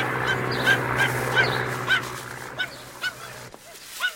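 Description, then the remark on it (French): The dog Milou yelps repeatedly after running its nose into a sleeping hedgehog in a pile of hay, in short, sharp, high-pitched cries that come in an uneven series, some louder than others, over a steady low hum. “Milou l'y a suivi, mais il a moins de chance que son maître et va donner du nez dans un paisible hérisson qui dormait. D'où les cris que vous entendez.”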